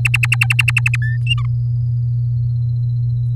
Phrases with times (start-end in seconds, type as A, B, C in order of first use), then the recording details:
0.05-0.96 A, 1.02-1.17 B, 1.26-1.46 C. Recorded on 7 May 2018 at 13:41. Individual llb16